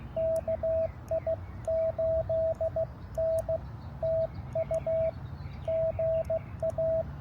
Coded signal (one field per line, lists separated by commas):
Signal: Morse code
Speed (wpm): 15 wpm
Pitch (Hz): 660 Hz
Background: radio noise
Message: KI8N TU GA